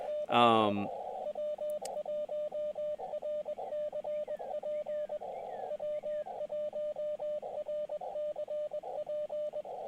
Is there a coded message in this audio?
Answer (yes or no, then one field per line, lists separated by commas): yes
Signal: Morse code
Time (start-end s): 0.1-9.6 s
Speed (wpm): 20 wpm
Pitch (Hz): 600 Hz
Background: speech, radio noise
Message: ME W1RCP W1RCP